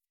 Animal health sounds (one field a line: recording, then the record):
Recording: hydrophone in a shrimp aquaculture tank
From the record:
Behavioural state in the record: weakened